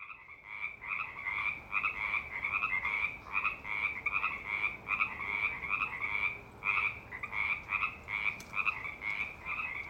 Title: The Frogs Have Returned To Knickerbocker Lane